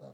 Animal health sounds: pig call; piglet (1 to 25 days)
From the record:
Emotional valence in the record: negative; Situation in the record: short isolation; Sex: female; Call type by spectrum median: low-frequency call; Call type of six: low-frequency stable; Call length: 0.14 s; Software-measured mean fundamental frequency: 61 Hz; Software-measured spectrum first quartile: 182 Hz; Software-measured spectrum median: 439 Hz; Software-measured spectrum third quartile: 623 Hz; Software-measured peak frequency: 538 Hz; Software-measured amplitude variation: 75 dB a second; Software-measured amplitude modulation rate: 10.8 a second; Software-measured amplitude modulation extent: 6.9 dB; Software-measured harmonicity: 1.2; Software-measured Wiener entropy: 0.33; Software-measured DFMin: 1136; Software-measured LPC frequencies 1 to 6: 590, 3918, 5338, 5624, 7097, 7952 Hz

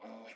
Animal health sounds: pig call; piglet (1 to 25 days)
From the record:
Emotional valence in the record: negative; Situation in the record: restrain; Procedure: in the arms of a person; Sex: female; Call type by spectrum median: low-frequency call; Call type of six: low-frequency stable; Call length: 0.36 s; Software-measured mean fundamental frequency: 83 Hz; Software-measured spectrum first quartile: 448 Hz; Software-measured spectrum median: 771 Hz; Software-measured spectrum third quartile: 1958 Hz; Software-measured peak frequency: 534 Hz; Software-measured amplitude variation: 94 dB a second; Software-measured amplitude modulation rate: 26.7 a second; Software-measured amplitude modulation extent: 3.5 dB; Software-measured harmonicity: 1.7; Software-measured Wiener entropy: -1.41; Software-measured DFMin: 1130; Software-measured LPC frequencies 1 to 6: 606, 2282, 3318, 4101, 5178, 6357 Hz

